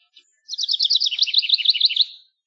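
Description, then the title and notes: House wren singing one quick, bubbly cascade of high warbled notes. Male singing in search of a mate. "A tiny house wren, singing his heart out in search of a mate."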